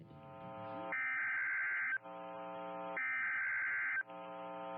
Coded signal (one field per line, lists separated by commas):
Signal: Emergency Alert System (SAME) tones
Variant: header bursts